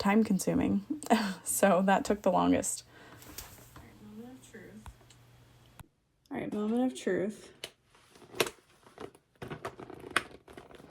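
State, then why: Seated. Riveted magnetic snaps on a newly finished vinyl and canvas toiletry bag are closed for the first time while someone talks. Soft handling rustles lead to two sharp, loud snap hits at 8.4 s and 10.2 s as the magnetic snaps click shut into place.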